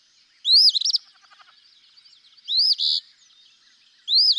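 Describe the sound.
Eastern phoebe singing its hoarse fee-bee phrase three times, each a rising slurred note ending in a harsh buzz, with soft faint chatter between.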